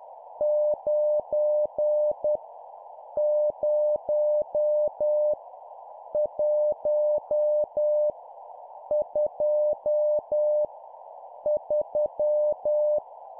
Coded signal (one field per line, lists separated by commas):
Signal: Morse code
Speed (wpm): 10 wpm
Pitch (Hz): 600 Hz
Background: none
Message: 9 0 1 2 3